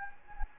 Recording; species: mosquito wingbeat signal from an infrared sensor; Anopheles gambiae